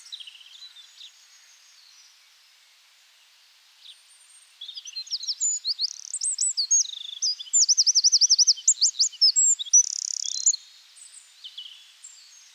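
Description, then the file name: Eurasian wren, faint high chips at first, then a burst of vigorous shrill song with rattling trills and looping notes before it trails off quietly. "Troglodytes troglodytes"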